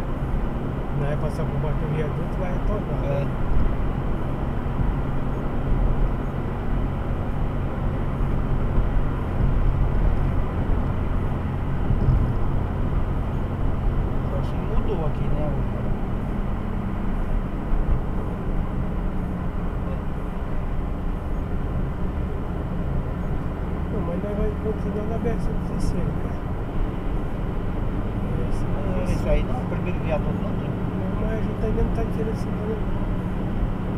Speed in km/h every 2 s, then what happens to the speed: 72, 72, 72, 72, 71, 71, 71, 68, 64, 62, 62, 63, 61, 63, 63, 64, 64.
0-12 steady at about 72. 12-17 slows to 62. 17-34 steady at about 63.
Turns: none.